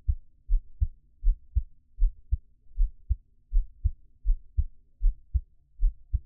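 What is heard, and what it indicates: Steady, regular paired low thumps, a louder first sound followed closely by a second, at about 79 beats a minute. This is an adult's heartbeat heard close up for ASMR listening, with no talking and a quiet background.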